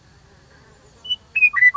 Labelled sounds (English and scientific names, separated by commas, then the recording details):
Western Meadowlark (Sturnella neglecta)
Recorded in Sonoma County, California